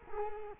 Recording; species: mosquito wingbeat signal from an infrared sensor; Culex quinquefasciatus